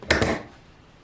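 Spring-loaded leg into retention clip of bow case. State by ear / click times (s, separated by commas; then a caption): seated / 0.1 s. A spring-loaded leg is pushed into the retention clip inside a hard bow case. A faint knock at 0.0 s is followed by a sharp click at 0.1 s and a second bright snap around 0.2 s, fading out by about 0.4 s. The leg seats firmly in the clip.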